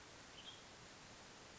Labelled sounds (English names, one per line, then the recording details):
Western Tanager
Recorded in Sonoma County, California